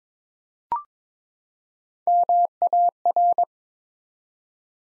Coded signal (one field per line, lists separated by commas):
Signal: Morse code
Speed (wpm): 23 wpm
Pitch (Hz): 700 Hz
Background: none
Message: MAR